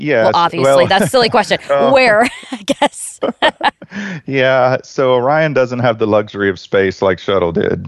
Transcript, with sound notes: Well, obviously that’s a silly question. Where? I guess.
[Laughs] Yeah. So Orion doesn’t have the luxury of space like shuttle did.